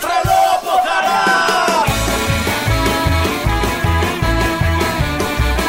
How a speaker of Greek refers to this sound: Αυτός δεν είναι ο κύριος Τσίπρας, τον οποίο χθες υποδέχθηκε ένα ολόκληρο χωριό. Φωνάζει το χωριό. Τρελό από χαρά!